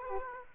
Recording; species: mosquito wingbeat signal from an infrared sensor; Aedes aegypti